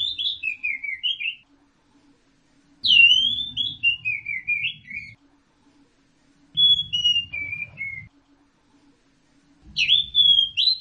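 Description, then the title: Orange-headed thrush song of descending, warbling whistled phrases, each lasting a second or two and repeated every few seconds, with a soft low rumble beneath. "Burung Anis Merah"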